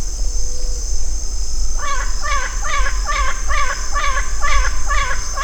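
Bird call: a nasal, harmonic note repeated about every half second, several times in a row, over a steady high hiss.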